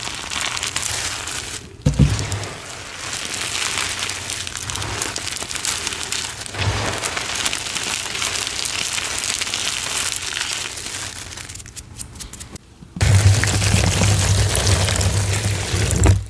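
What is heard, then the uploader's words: Confetti being crushed gives a dense, steady crinkling rustle with a low rumble underneath, broken by brief pauses near 2 and 12 seconds. 18 Mins of Prep + Confetti Crushes!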